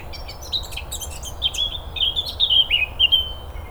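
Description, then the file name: Eurasian blackcap singing a brisk, scratchy warble that flows into a series of clear, fluty whistles dropping slightly in pitch. "Sylvia atricapilla"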